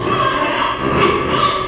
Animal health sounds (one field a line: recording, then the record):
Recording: squeal of a Yucatan mini pig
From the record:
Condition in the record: before surgery on the right vocal fold (resection and tissue-engineered implant)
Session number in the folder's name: 1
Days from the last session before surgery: -3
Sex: male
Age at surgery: 12 weeks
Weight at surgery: 13 kg